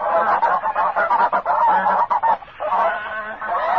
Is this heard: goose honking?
yes